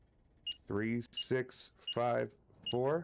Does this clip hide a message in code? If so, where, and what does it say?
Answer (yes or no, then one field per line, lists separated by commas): no